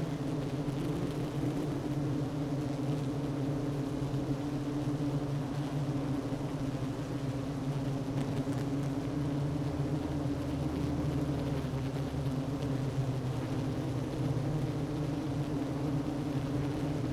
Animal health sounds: honeybee colony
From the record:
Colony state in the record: active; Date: 12 June 2018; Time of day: 10:49

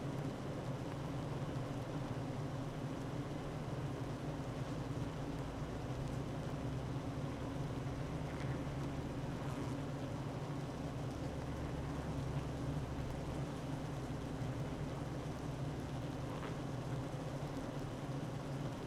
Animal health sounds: honeybee colony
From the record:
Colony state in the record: active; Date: 12 June 2018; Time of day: 9:18

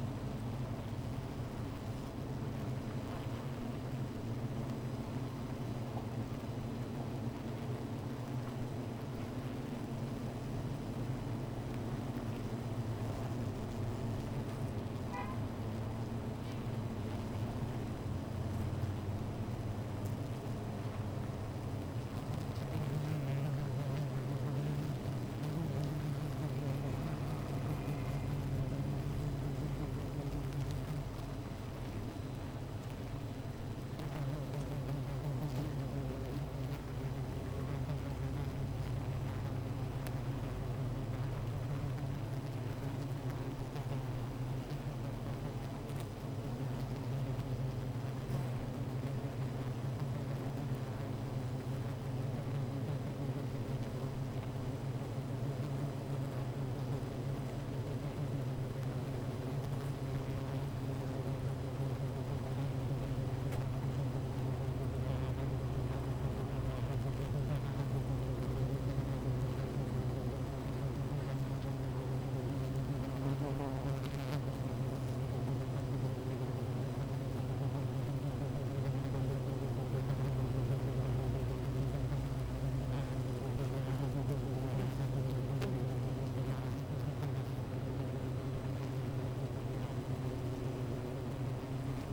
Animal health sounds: honeybee colony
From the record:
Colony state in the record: missing queen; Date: 14 July 2017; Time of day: 15:00

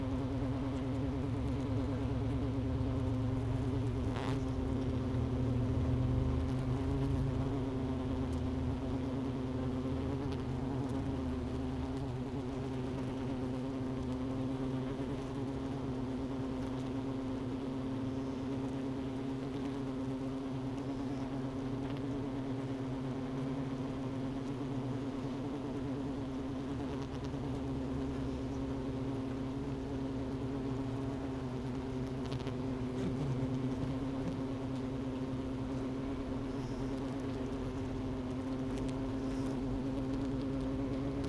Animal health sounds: honeybee colony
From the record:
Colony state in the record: missing queen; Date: 31 May 2018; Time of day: 11:10

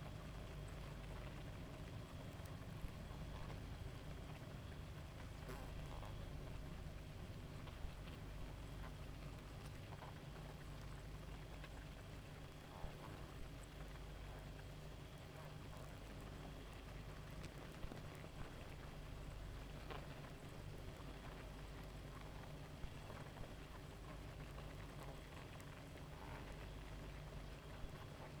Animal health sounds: honeybee colony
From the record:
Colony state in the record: active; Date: 28 July 2017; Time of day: 0:36

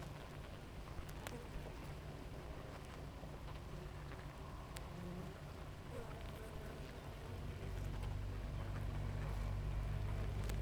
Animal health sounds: honeybee colony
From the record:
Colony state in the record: active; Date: 28 July 2017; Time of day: 6:32

